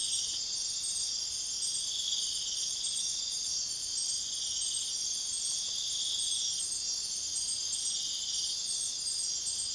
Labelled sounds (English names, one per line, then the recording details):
none
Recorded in pastures near Puerto Asís, Putumayo, Colombia, on 22 June 2025 at 00:30
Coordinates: 0.502, -76.324
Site G010